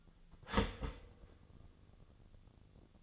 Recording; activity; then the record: daily activity, microphone in the room; start toaster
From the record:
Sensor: 4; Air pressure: 1001.0 hPa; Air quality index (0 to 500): 161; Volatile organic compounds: 2 ppm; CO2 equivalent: 1173 ppm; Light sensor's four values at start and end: 17/38/16/17 and 17/38/16/17